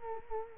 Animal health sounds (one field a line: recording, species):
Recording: mosquito wingbeat signal from an infrared sensor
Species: Culex quinquefasciatus